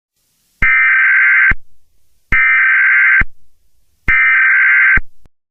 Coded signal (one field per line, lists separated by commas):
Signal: Emergency Alert System (SAME) tones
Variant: header bursts